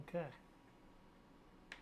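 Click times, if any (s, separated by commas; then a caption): 1.7 s. Someone talks briefly, then after a quiet pause a plastic brick part is pressed onto the leg assembly of a 2000+ piece Hulkbuster knockoff LEGO set (76066). A single sharp click is heard at 1.7 seconds as the part seats home.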